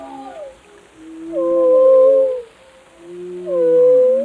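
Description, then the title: Whale calls: the end of one call, then two loud tonal moans separated by a pause, with lower tones beneath. "Whale Tales: Discovering the Stories Behind the Sounds"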